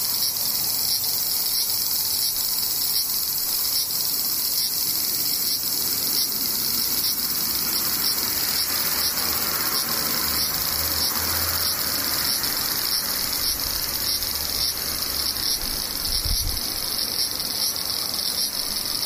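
Cicadas drone in a dense, steady shrill wall of high buzzing throughout, with a faint low rumble passing around ten to seventeen seconds.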